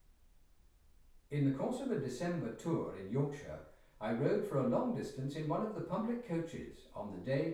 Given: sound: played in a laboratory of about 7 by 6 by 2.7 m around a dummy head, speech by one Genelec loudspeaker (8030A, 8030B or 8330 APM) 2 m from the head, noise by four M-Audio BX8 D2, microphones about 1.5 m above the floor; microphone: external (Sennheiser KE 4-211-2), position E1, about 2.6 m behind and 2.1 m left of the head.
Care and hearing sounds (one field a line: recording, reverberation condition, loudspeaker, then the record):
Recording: male speech in English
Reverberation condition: medium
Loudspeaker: 60 degrees to the left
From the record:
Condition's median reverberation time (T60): about 510 ms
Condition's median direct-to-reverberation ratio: about -0.5 dB